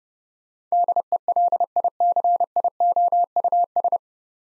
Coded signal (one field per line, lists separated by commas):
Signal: Morse code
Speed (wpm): 30 wpm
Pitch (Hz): 700 Hz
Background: none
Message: DELICIOUS